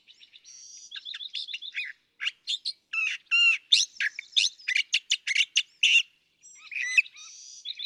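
California thrasher delivering a varied song: quick trills, then loud harsh clucking and chuckling notes in irregular bursts, short gap, more chatter.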